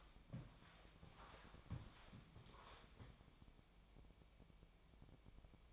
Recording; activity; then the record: daily activity, microphone in the room; walk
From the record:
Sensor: 1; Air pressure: 1000.5 hPa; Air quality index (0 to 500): 169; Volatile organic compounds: 4 ppm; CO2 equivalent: 1570 ppm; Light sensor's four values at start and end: 14/34/14/16 and 14/33/14/16